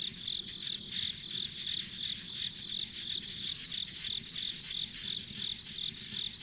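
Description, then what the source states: Insect chirping, short high pulses repeated about three times a second, with a low rumble beneath. Insects recorded as ambient sound on a country road.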